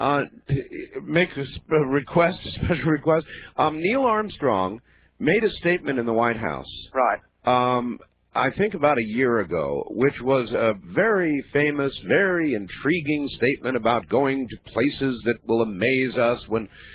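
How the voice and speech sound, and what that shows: An adult man talks fluently at a conversational pace, with a steady mid-low voice, clear articulation and natural pitch movement. Only brief pauses and an ordinary filled hesitation break the flow. Typical speech, with a slightly narrow, phone-line sound quality.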